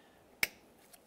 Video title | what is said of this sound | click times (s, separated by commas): How to Replace Fuel Pump Module Assembly 2003-2011 Honda Element | Press it till you hear a click. | 0.4 s